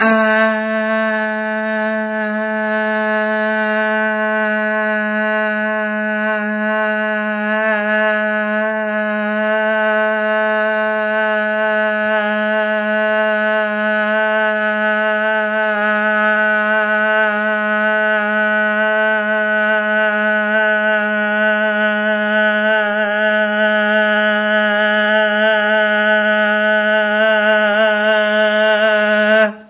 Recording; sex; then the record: sustained vowel /a/; female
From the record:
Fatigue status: no fatigue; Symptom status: asymptomatic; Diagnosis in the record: COVID-19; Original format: 3gp